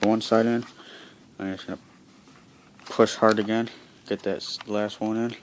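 Someone talks while reassembling a PS3 game controller after changing its buttons, working the last small plastic button piece into the controller housing with faint handling noises between the words. Nothing has seated or clicked yet; the clip ends just before the part goes home.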